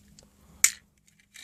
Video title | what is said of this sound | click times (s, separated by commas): Super fire dagwon gift set part 2 | clicks right into place very securely | 0.6 s